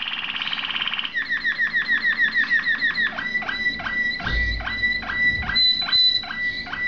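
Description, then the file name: Waterslager canary song: buzzy trill, then a long run of rapid repeated notes that slows into evenly spaced clear whistled pulses. "malinois waterslager omkicau"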